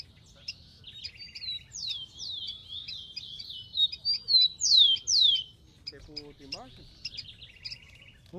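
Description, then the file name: Rufous-collared sparrow song: a run of high, steeply falling slurred whistles among twittering and chipping, then a lower, rising call near the end. "canto do tico tico"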